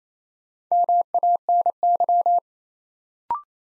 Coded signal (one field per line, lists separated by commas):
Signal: Morse code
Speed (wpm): 28 wpm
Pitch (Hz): 700 Hz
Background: none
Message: MANY